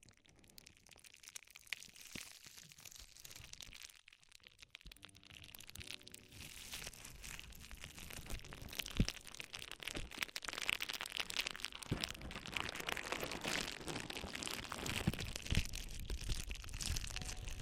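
Ear exploration sounds of dense, crinkly crackling and fine tapping, like rain on a surface. The first few seconds are soft and sparse, with a faint low hum around five to seven seconds. From about eight seconds the crackling builds and turns steadily louder and brighter.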